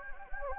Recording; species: mosquito wingbeat signal from an infrared sensor; Anopheles gambiae